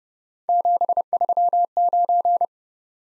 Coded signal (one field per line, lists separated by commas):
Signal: Morse code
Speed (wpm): 30 wpm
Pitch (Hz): 700 Hz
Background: none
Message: 739